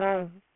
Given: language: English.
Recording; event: throat vibration sensor signal played as sound; speech